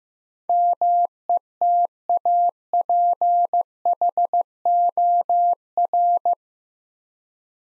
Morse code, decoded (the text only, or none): METAPHOR